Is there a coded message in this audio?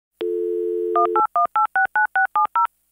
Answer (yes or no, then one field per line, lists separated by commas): yes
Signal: DTMF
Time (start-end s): 0.9-2.7 s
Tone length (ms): 120 ms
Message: 181869670